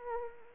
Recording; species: mosquito wingbeat signal from an infrared sensor; Anopheles arabiensis